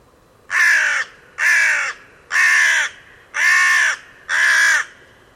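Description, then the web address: Bird uttering five harsh calls at a steady pace of about one per second, with only faint background noise between them. "cianscape. Deverinetal. Bird Only"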